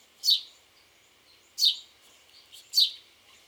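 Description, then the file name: House sparrow chirping: three short, bright downward chirps spaced about a second or more apart, with faint soft notes between and a quiet hiss behind. "Passer domesticus"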